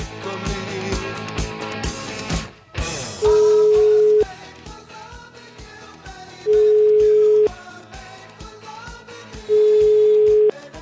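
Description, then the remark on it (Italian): A telephone ringback tone of a call to a bank sounds three times, each a steady mid-pitched one-second beep separated by a few seconds, loud over rhythmic background music, with a brief swoosh early on. “Una piccola ricerca, tu, numero di telefono, tu. Senti qua.”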